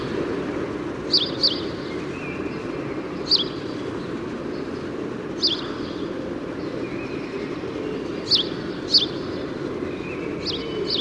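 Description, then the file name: House sparrow calls, brief single and paired chirps at irregular gaps of a few seconds, with a continuous low mechanical drone underneath. "Passer domesticus"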